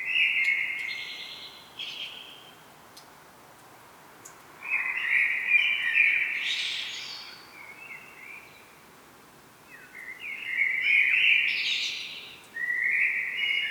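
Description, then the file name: Common blackbird delivering several rich fluty phrases that break into thin, higher twittering notes, separated by brief silent gaps. "Turdus merula"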